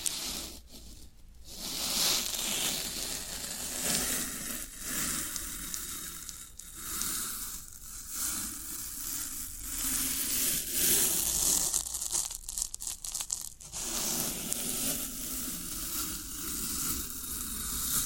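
Floral foam being crushed and torn, a dense, crackly crumbling that swells and fades irregularly, with sharp clustered crunches around twelve to fourteen seconds.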